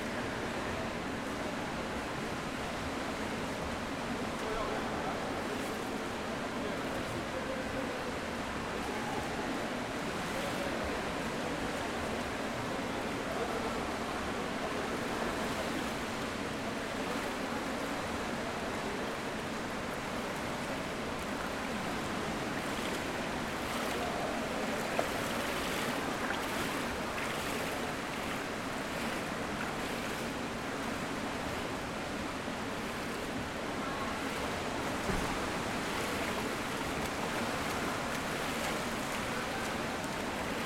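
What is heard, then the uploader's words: Close beside a warm-up pool at a swimming championship, a dense, steady wash of splashing water and crowd murmur fills the whole recording. Recorded on a Zoom H5 set on a tiny tripod a few feet from the edge of the warm-up pool at one of our State Swimming Championships. Loud as it may seem it’s quite a change from the competition pool.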